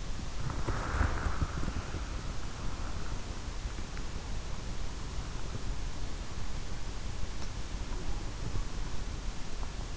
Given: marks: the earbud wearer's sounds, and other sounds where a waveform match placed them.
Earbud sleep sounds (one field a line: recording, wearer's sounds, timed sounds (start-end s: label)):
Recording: sounds in sleep by an in-ear microphone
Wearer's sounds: body movement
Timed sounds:
0.00-2.14 s: body movement